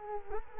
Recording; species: mosquito wingbeat signal from an infrared sensor; Culex quinquefasciatus